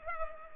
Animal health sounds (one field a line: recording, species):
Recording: mosquito wingbeat signal from an infrared sensor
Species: Culex pipiens